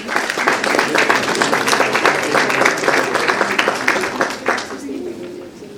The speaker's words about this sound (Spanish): La recibimos también con un caluroso aplauso, por favor.